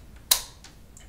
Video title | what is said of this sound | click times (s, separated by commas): InnoGear IG101/I229 48V Phantom Power Supply Overview and Teardown | should snap right into place and I'm going to take my 3.5 millimeter 2 XLR audio | 0.3 s